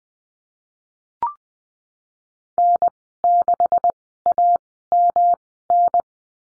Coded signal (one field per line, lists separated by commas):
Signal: Morse code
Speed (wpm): 20 wpm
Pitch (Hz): 700 Hz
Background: none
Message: N6AMN